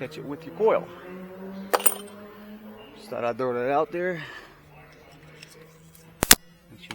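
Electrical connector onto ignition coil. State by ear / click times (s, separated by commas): seated / 6.2 s, 6.3 s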